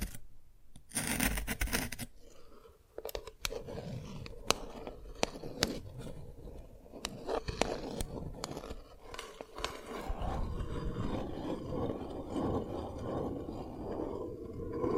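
Dalgona candy being tapped and cracked, with sharp clicks and snaps scattered irregularly through the clip, clustered around the first ten seconds. A dense scraping, crunching rustle runs underneath throughout, growing fuller and steadier after about ten seconds.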